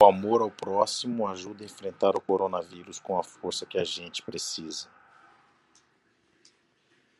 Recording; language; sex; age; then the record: spoken sentence; Brazilian Portuguese; male; 50 to 59 years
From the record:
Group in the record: control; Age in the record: 56 years